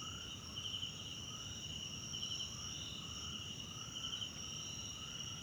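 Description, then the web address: Crickets trill continuously at a high pitch while lower rising chirps repeat beneath them, over a soft background rumble. South African crickets in the background at night in a wetland park at Kosi Forest Lodge, South Africa. "Tonschliff - SOUTH AFRICAN CRICKETS BG South Africa Wetland Park Kosi Forest Lodge Night"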